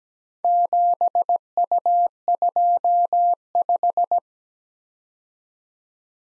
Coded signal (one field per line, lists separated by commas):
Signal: Morse code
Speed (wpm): 17 wpm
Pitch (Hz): 700 Hz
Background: none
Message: 7U25